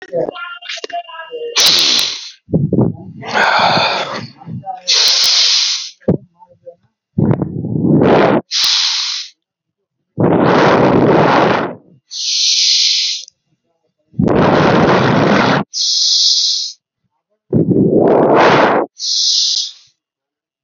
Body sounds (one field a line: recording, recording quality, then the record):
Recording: deep breathing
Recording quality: excellent, no background noise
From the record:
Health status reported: healthy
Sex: male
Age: 20 years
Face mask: not worn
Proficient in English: yes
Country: India